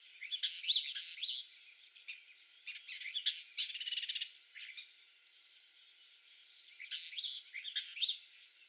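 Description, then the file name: Common starling song, a jumble of high squeaky whistles, clicks and a rapid buzzy rattle, in bursts with short pauses between phrases. Recorded from an office window on 24 April 2022. "2022-04-24 European Starling from office window"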